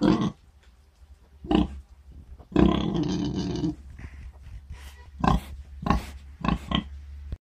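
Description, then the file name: Pig grunting and snorting, short harsh bursts with one long rasping grunt, then several quick snorts close together. "Grugnito del maiale"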